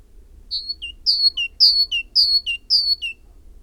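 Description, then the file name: Great tit singing a bright see-saw phrase, high note then lower note, repeated five times at a steady pace with a quiet background. "Parus major"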